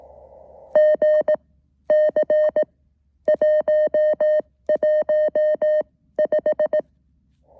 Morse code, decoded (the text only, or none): GC 115